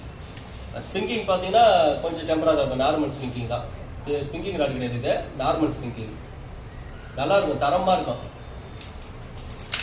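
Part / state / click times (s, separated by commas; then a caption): reel or rod section locking into the fishing rod / seated / 9.7 s. A reel or rod section is fitted onto a baitcasting fishing rod setup while someone talks, and it locks into place with a sharp click at 9.7 s. The part is seated.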